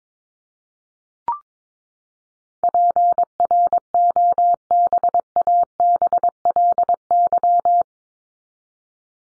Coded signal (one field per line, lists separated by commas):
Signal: Morse code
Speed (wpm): 22 wpm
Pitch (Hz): 700 Hz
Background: none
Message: PROBABLY